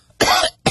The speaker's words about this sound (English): I'll see what I have for you. Here we go. Here's an extra cough.